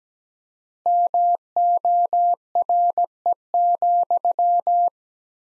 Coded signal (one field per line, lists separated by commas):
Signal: Morse code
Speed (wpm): 17 wpm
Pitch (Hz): 700 Hz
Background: none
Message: MORE,